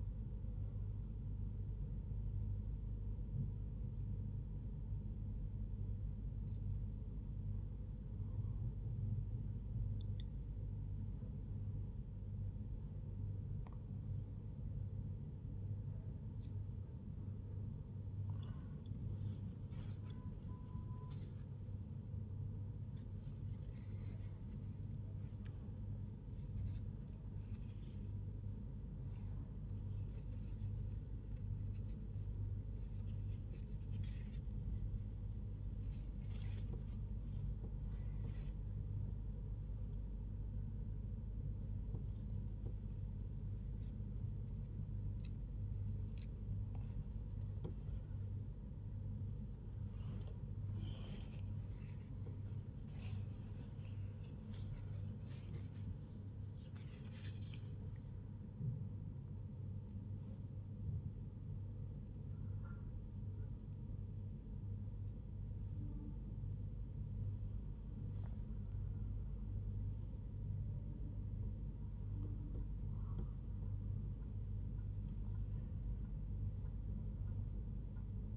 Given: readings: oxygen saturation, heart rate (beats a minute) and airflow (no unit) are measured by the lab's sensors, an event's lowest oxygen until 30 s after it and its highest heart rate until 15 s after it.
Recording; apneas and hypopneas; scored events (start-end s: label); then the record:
a person awake in a sleep study, by a smartphone at the bedside; none
none scored
From the record:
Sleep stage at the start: awake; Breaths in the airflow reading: 30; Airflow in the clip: -0.8 to 0.7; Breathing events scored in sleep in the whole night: 158 in 7.3 hours asleep